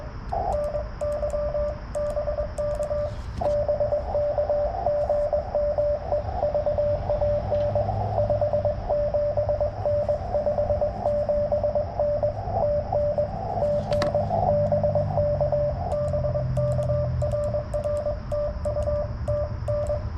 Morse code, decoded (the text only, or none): NY BK BK GM EVAN 57N 57N TN TN BK BK RR TU TN